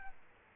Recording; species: mosquito wingbeat signal from an infrared sensor; Aedes aegypti